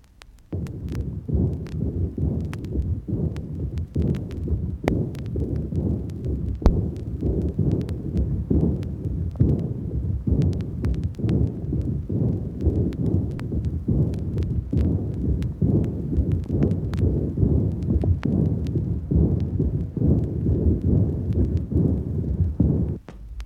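Low, muffled adult heartbeat about 67 a minute, heard through a stethoscope, with a steady rumbling heart murmur filling the gaps between beats.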